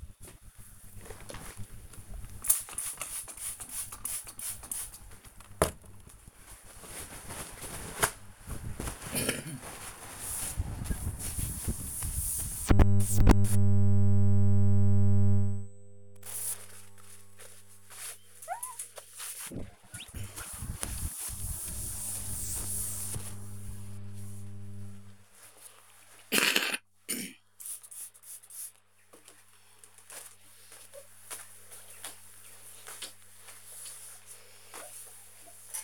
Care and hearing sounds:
household activities, microphone on the right wrist
0.00-35.83 s: window cleaning

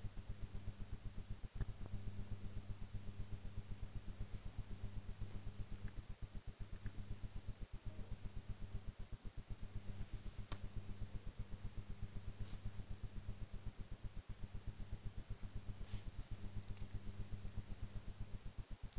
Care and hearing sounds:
household activities, microphone on the right wrist
0.00-18.99 s: working on the computer

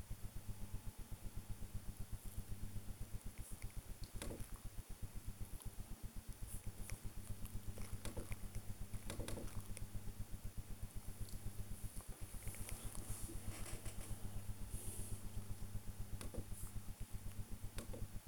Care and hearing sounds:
household activities, microphone on the right wrist
0.00-18.27 s: working on the computer

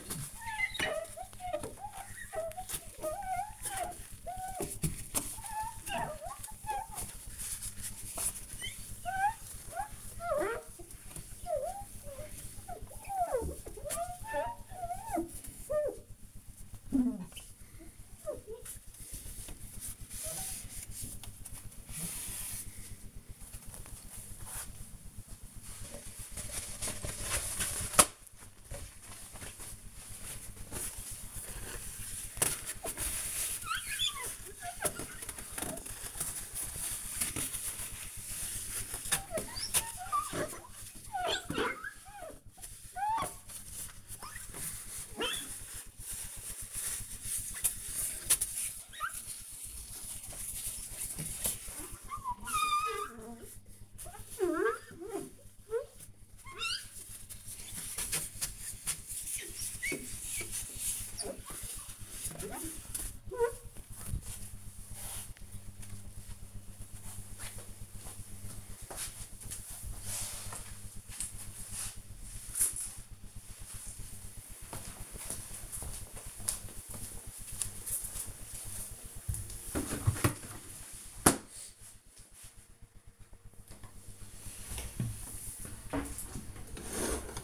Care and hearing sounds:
household activities, microphone on the right wrist
0.00-65.11 s: window cleaning
83.23-87.44 s: putting away the dishes

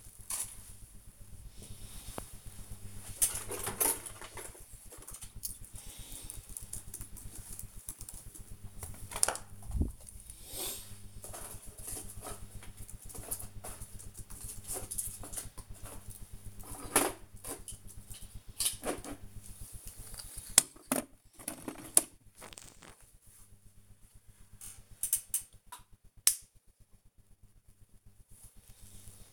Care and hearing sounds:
household activities, microphone on the right wrist
14.79-29.33 s: tidy up the cupboard

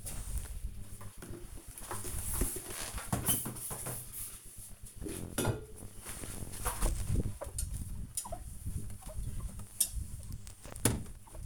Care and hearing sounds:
household activities, microphone on the right wrist
0.18-11.45 s: window cleaning

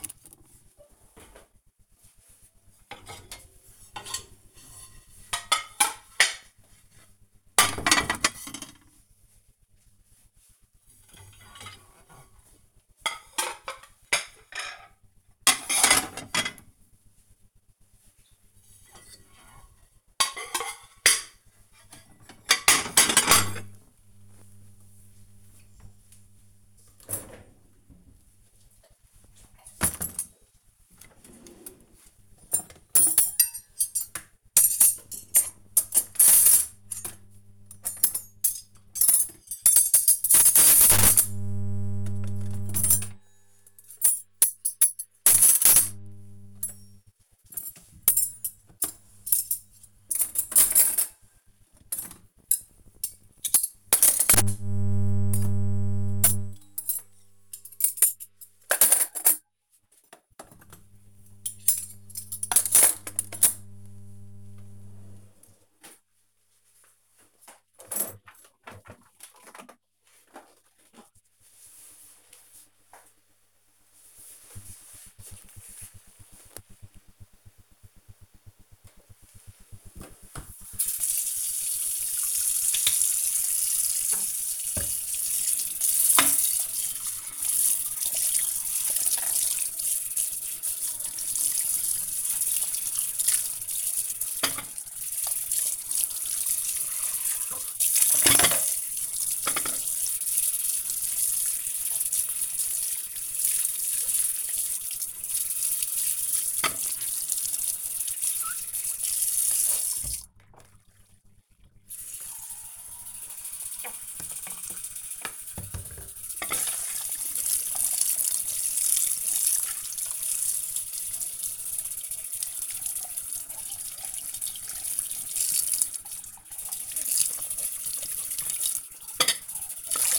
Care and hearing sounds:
household activities, microphone on the right wrist
0.00-68.13 s: cleaning out the dishwasher
78.15-130.19 s: washing dishes

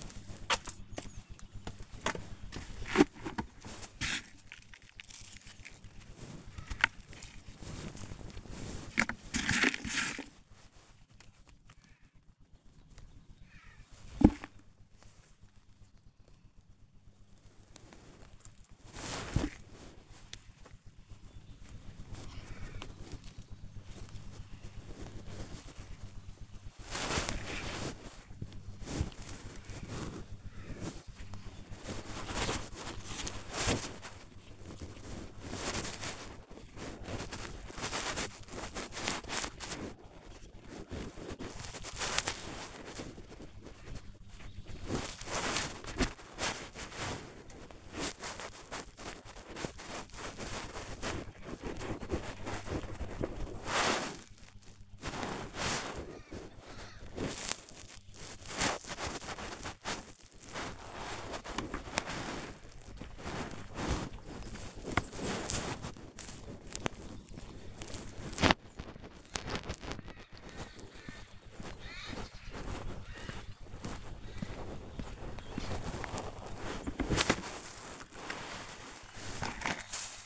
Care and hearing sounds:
household activities, microphone on the right wrist
0.00-27.85 s: working in the garden
31.87-80.26 s: working in the garden

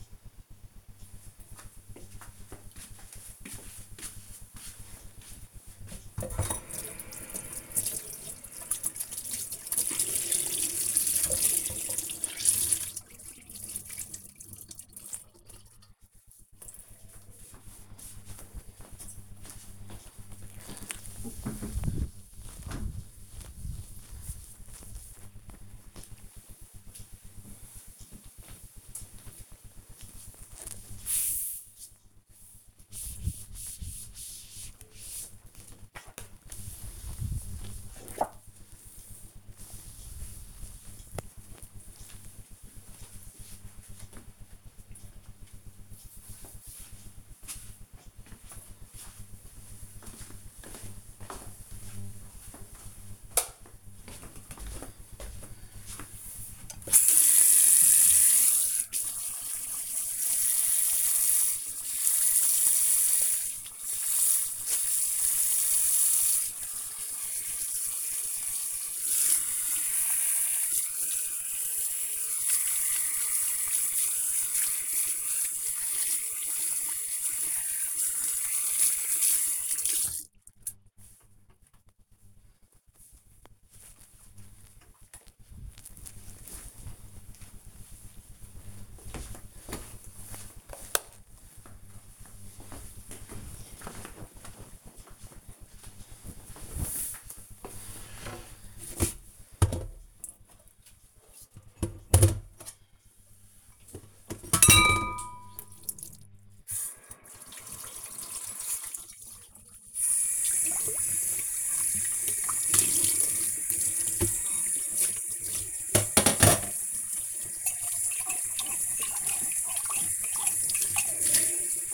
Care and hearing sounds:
household activities, microphone on the right wrist
6.12-43.39 s: cleaning table
58.54-80.69 s: washing hands
99.83-121.94 s: washing dishes

